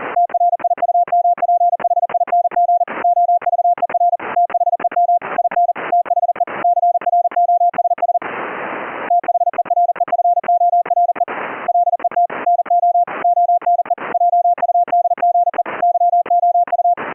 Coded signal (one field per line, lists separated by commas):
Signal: Morse code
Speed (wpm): 40 wpm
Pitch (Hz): 700 Hz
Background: radio noise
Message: TRIUMPHING OVER THEM IN THE CROSS THEREFORE LET NO ONE JUDGE YOU